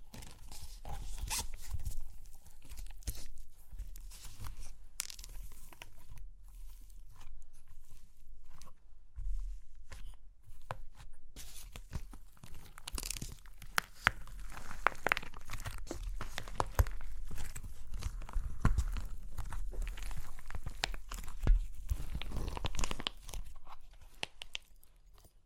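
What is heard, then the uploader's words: Dense, irregular crunching and cracking of clay, with sharp snaps packed closely together and a gritty crinkle underneath. Activity dips into sparser, quieter crackles around seconds six to eleven, then builds again with more frequent, louder cracks through the end. Super Crunchy Clay Cracking (No Talking).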